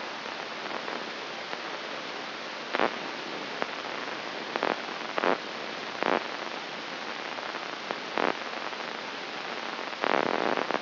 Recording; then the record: brain microelectrode recording played as sound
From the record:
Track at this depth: inside the subthalamic nucleus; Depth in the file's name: 3.343 mm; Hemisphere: right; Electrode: 3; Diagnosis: Parkinson's disease